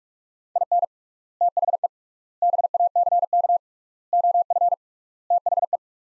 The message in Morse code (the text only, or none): IN THE BACK OF THE